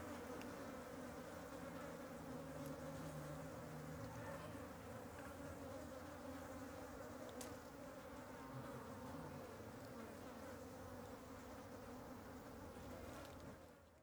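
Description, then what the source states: Fly: many flies buzzing in a steady, overlapping drone without pauses, fading out at the very end. An ambience of many flies flying over something.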